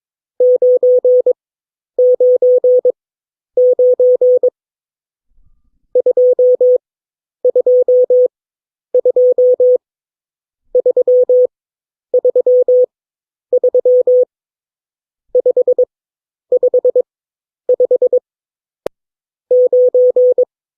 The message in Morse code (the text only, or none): 999 222 333 555 9